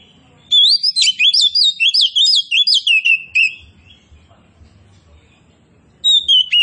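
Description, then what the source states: Oriental magpie-robin song: a rich, rapid string of rising and falling whistled notes for about three seconds, then silence before a short new phrase begins. Oriental magpie-robin of the form called kacer poci, singing actively and loudly ('gacor').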